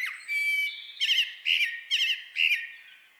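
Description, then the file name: Common blackbird calls: a harsh chattering series, about five loud scratchy bursts spaced roughly half a second apart, each ending abruptly. "Turdus merula"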